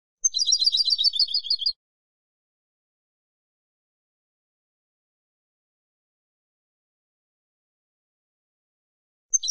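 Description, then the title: European goldfinch song, a single short burst of bright, rapid tinkling twitters lasting about a second and a half, followed by long silence and a brief start of another phrase. "Jilguero"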